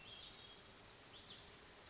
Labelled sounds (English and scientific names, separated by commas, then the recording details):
Hutton's Vireo (Vireo huttoni)
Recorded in Sonoma County, California